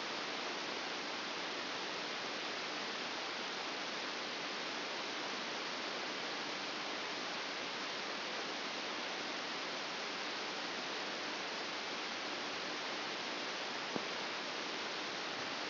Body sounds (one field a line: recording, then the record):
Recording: brain microelectrode recording played as sound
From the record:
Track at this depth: inside the subthalamic nucleus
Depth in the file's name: 5.263 mm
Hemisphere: left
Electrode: 2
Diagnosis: Parkinson's disease